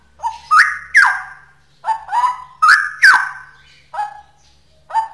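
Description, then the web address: Straw-headed bulbul singing a series of loud, liquid notes with falling slurs, spaced unevenly. Local name cucak rowo; song style called ropel; described as original. "cucak-rowo suara-cucak-rowo-ropel-asli"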